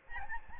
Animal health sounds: mosquito wingbeat signal from an infrared sensor; Aedes albopictus

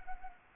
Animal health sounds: mosquito wingbeat signal from an infrared sensor; Anopheles arabiensis

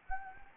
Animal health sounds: mosquito wingbeat signal from an infrared sensor; Anopheles gambiae

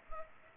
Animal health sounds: mosquito wingbeat signal from an infrared sensor; Culex pipiens

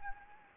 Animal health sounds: mosquito wingbeat signal from an infrared sensor; Anopheles gambiae

